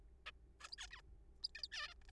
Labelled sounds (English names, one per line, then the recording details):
Zebra Finch
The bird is a juvenile
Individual R3428